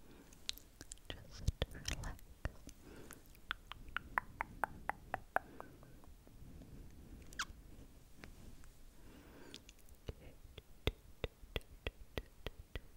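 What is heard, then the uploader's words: Quiet mouth sounds: sharp wet tongue clicks pop out irregularly throughout, with a quick run of pitched clicks stepping downward around the four-to-five-second mark. Soft breathy rustling sits underneath, swelling briefly near two seconds, and the clicks grow denser toward the end. ASMR Tingly Hand Movements And Mouth Sounds (tongue clicking, SkSk, trigger words).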